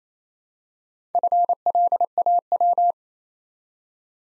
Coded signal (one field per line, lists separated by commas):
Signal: Morse code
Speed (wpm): 28 wpm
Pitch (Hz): 700 Hz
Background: none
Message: FLAW